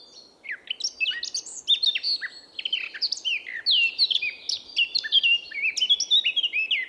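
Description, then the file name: Eurasian blackcap song, a rich continuous warble mixing scratchy twitters with clear fluty whistled notes. "Sylvia atricapilla"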